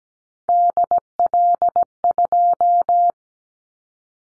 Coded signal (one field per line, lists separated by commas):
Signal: Morse code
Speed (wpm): 17 wpm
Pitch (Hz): 700 Hz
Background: none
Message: DL2